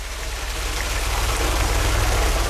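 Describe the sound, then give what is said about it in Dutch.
Water from a tanker truck pours steadily into residents' large water barrels in Ecatepec, Mexico, with a constant, hissing rush, while a low engine rumble hums underneath throughout. “En het water stroomt nu in die grote watertonnen van die bewoners.”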